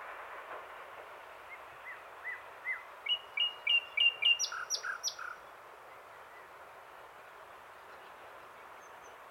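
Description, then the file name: Common nightingale song: a quiet start, then a burst of sharp rising notes speeding into a loud series of high whistles and chips, over a steady background hiss. "Luscinia megarhynchos"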